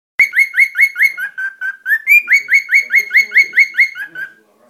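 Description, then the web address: Cockatiel chirping in a fast string of many grating notes over about four seconds. "korella"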